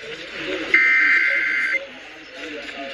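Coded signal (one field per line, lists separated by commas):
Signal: Emergency Alert System (SAME) tones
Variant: header bursts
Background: speech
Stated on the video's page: Real EAS severe weather alert on 620/820 kHz AM, marked as a failed relay.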